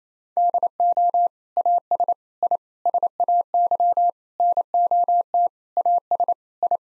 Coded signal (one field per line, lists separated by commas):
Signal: Morse code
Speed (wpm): 27 wpm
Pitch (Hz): 700 Hz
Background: none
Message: DO AS I SAY NOT AS I